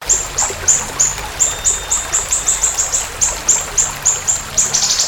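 Siri-siri bird singing high, sharp chirps in an even series, roughly three or four each second, ending in a brief buzzy flourish.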